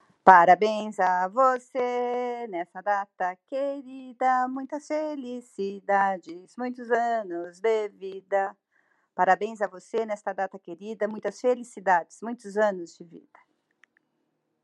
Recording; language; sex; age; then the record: short text; Brazilian Portuguese; female; 50 to 59 years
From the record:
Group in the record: control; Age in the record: 59 years